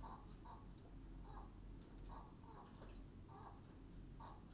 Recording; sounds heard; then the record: poultry house recording; healthy chickens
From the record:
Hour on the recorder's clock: 21